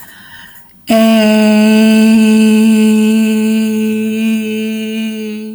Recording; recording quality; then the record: sustained vowel as in made; excellent, no background noise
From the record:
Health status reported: respiratory illness, not identified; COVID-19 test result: negative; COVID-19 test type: RT-PCR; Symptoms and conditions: asthma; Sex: female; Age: 34 years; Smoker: no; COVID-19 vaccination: both doses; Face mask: not worn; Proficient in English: yes